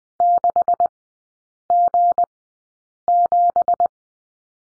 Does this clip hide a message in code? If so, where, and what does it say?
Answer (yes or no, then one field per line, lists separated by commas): yes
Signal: Morse code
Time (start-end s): 0.2-3.9 s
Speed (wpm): 20 wpm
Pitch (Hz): 700 Hz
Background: none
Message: 6G7